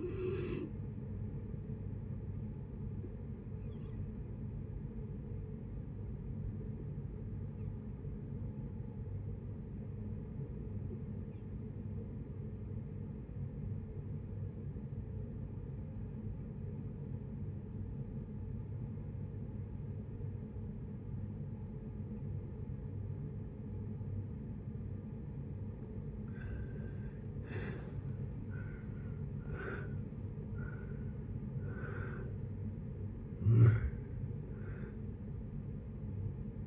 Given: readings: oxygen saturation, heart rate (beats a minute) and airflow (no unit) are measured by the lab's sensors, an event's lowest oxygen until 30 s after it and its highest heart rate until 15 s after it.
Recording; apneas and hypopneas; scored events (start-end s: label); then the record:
breathing in sleep by a smartphone at the bedside; 1
4.00-26.90 s: obstructive apnea (N1, oxygen 96% highest, then 78% lowest, heart rate 66 at the start, 77 highest)
From the record:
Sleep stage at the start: N1 (lightest sleep); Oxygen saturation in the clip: 81 to 96%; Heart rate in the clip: 56 to 77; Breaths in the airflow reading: 5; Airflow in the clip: -8.3 to 12.9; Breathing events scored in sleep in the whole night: 496 in 5.4 hours asleep